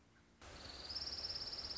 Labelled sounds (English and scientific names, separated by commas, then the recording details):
Orange-crowned Warbler (Leiothlypis celata)
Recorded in Sonoma County, California